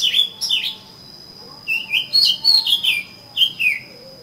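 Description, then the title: Oriental magpie-robin song: loud whistled phrases sliding down, in short bursts with a pause near one second, over a faint steady high whine. "Kacer Kacer"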